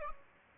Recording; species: mosquito wingbeat signal from an infrared sensor; Aedes albopictus